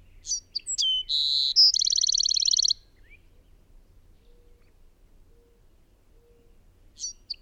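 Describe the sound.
Bird song: opening chips, a steady note and a long rapid trill, followed by quiet with faint hum, then fresh chips near the end.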